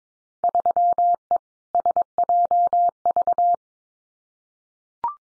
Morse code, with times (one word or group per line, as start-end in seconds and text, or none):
0.4-1.4 3E
1.7-3.5 SJV